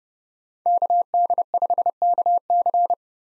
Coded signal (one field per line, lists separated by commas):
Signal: Morse code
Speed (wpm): 30 wpm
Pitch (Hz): 700 Hz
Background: none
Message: KD5KC